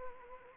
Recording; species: mosquito wingbeat signal from an infrared sensor; Anopheles arabiensis